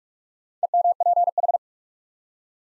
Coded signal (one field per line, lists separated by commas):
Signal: Morse code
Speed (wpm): 44 wpm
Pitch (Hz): 700 Hz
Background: none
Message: EMPH